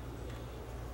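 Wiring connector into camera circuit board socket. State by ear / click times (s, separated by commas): not seated / none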